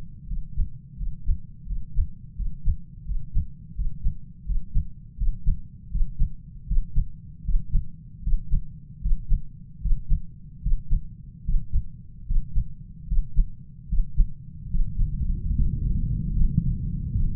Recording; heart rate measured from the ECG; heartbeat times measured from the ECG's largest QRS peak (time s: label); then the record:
heart sounds by stethoscope; 78 bpm
0.26 s: heartbeat
0.96 s: heartbeat
1.65 s: heartbeat
2.35 s: heartbeat
3.04 s: heartbeat
3.74 s: heartbeat
4.45 s: heartbeat
5.16 s: heartbeat
5.90 s: heartbeat
6.66 s: heartbeat
7.43 s: heartbeat
8.22 s: heartbeat
9.00 s: heartbeat
9.80 s: heartbeat
10.61 s: heartbeat
11.44 s: heartbeat
12.25 s: heartbeat
13.07 s: heartbeat
13.87 s: heartbeat
14.69 s: heartbeat
15.54 s: heartbeat
16.35 s: heartbeat
17.12 s: heartbeat
From the record:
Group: healthy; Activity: breath hold 0-14 s, rest 14-17 s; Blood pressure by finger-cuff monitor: 118/77 mmHg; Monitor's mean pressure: 87 mmHg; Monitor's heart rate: 77 bpm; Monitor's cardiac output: 7.2 L/min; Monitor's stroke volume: 92 mL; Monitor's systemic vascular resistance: 900 dyn s/cm5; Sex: male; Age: 23 years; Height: 178 cm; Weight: 96.6 kg